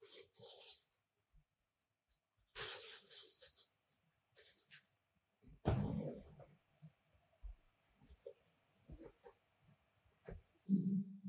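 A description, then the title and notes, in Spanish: Paper and packing material rustle and crinkle, with bursts near 3 and 6 seconds and soft taps between. Unboxing ASMR Relajante: Lente Macro Canon 100mm f/2.8L Sonidos y Texturas Increíbles. Escucha los sonidos suaves y cautivadores del papel, la caja y los elementos protectores mientras los desempacamos con cuidado.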